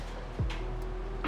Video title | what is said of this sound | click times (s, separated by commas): Added MORE Parts to My 2020 S1000RR & SMACKED 2019 ZX-10R! | is what's cool though too so now if you listen I'm gonna put this in - clicks - | 1.2 s